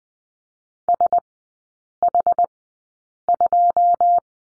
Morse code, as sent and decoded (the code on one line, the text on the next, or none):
... .... ..---
SH2